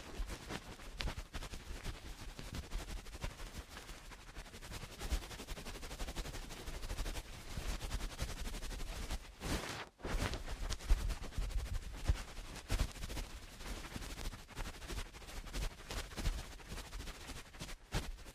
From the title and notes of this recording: Eardrum Cleaning (No Talking).